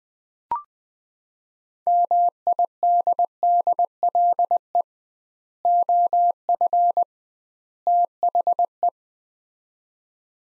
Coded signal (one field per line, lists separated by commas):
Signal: Morse code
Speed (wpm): 20 wpm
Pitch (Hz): 700 Hz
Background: none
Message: MIDDLE OF THE